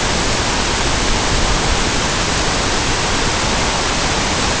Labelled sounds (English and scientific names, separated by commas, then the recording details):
none
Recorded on Arctic tundra, site NAIT-1, on 23 June 2018
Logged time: 19:00